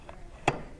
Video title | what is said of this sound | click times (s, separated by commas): BASI Systems: Wunda Chair Part 2 | half a turn it locks into place half a turn and locks and goes | 0.5 s